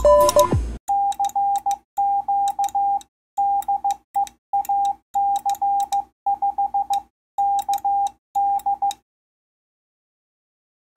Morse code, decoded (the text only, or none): CQ DE AC5KD